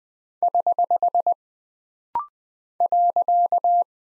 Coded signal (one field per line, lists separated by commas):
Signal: Morse code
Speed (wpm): 20 wpm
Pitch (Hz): 700 Hz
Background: none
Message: <HH> .